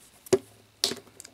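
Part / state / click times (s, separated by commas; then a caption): plastic corner cap coming off a twisty puzzle's center piece / released / 0.8 s. A plastic corner cap is pried off the center piece of a Zcube pyramid twisty puzzle to adjust the tension. After a softer knock near 0.3 s, a single sharp, loud snap at 0.8 s marks the cap coming free, followed by a few faint light ticks. The cap is released.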